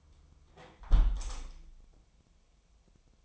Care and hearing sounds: daily activity, microphone in the room; close window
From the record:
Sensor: 1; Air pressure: 1014.9 hPa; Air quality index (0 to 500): 33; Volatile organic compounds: 1 ppm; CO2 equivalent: 555 ppm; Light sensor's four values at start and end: 10/25/10/11 and 10/25/10/11

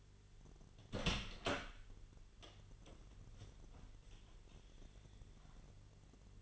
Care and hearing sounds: daily activity, microphone in the room; open door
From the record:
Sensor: 4

